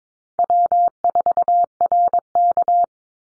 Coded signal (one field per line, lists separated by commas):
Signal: Morse code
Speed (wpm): 22 wpm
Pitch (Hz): 700 Hz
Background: none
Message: W4RK